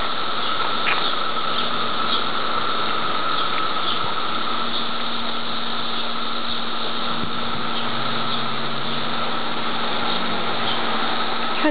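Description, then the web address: Cicadas: a loud, unbroken high buzzing drone holds steady throughout, with a fainter lower hum and a few faint clicks beneath. May 23, 2004. "fleur cicadas - cicadas 2 may 232004"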